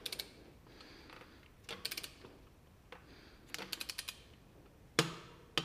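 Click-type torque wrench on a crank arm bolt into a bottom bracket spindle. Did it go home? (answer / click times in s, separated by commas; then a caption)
yes / 5.0 s, 5.6 s. A click-type torque wrench set to 40 Nm tightens the crank arm bolt of a square taper bicycle crank into the bottom bracket spindle, with bursts of light ratcheting ticks between quiet pauses. The wrench breaks over with a sharp, loud click at 5.0 s and another at 5.6 s, confirming the bolt has reached the set torque.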